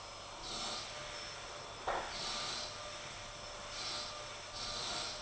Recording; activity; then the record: daily activity, microphone in the room; vacuum cleaning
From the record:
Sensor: 5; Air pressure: 988.8 hPa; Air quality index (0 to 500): 236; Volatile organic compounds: 200 ppm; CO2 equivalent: 4213 ppm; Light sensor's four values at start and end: 39/124/48/51 and 39/124/48/51